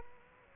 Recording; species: mosquito wingbeat signal from an infrared sensor; Aedes aegypti